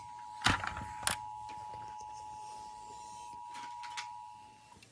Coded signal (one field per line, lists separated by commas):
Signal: Emergency Alert System (SAME) tones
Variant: 853 and 960 Hz attention tone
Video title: Huge scared emergency Alert system Bomb threat with virus 3 suspects dead ￼